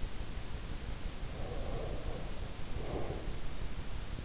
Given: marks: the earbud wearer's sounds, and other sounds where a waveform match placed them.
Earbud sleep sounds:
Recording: sounds in sleep by an in-ear microphone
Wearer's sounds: breath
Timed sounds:
1.41-3.50 s: breath

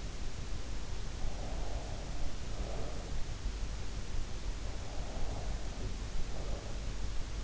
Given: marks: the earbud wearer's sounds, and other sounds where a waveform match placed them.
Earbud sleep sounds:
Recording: sounds in sleep by an in-ear microphone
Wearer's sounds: breath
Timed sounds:
1.11-3.29 s: breath
4.98-6.76 s: breath

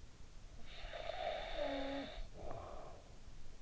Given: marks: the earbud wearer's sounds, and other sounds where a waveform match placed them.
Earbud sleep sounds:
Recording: sounds in sleep by an in-ear microphone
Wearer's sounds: snoring breath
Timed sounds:
0.11-3.62 s: snoring breath

